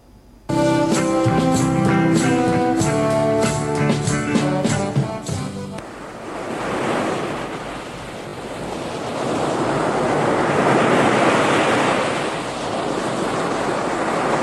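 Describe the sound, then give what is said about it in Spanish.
A few seconds of tonal music give way to a steady roar of ocean waves breaking on a beach at Playitas de Cajobabo, Cuba, the hissing surf swelling and easing in slow surges with wind noise underneath. “Ya tú ves este mar donde estamos nosotros ahora.”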